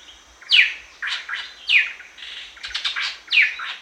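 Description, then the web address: Greater racket-tailed drongo calls: loud, sharp, metallic downslurred notes mixed with ringing, buzzy phrases, with several strong notes at irregular intervals. Recorded at Danum on 1 January 2008. "DANUM 20080101. greater racket-tailed drongo"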